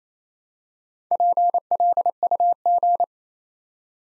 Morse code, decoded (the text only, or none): PLUG